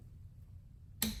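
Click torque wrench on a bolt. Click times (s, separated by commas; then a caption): 1.0 s. A click-type torque wrench set to 30 ft-lb is turned on a bolt that was tightened with an impact ratchet, to try to loosen it. After about a second of low, quiet background rumble, the wrench gives one sharp click at 1.0 s as it reaches its 30 ft-lb setting.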